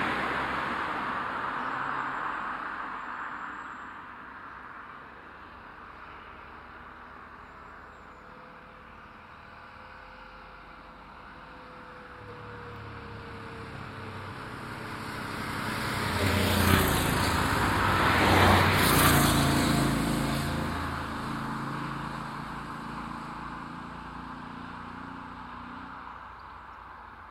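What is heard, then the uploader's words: Vehicles pass along a quiet highway, with a steady low road hiss underneath. One car approaches, swells loudest around sixteen to nineteen seconds as it passes, then fades away. A faint tonal engine whine drifts through near ten seconds. Piñera Perch on Route N-634. Desolate highway, panning cars and motorbikes. Ambient sound recorded along del Norte, the northern coastal route of the Camino de Santiago network of pilgrimage paths converging in Spain. These tiny meditations are made with binaural microphones.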